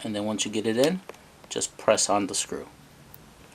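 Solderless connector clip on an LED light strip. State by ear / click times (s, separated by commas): not seated / none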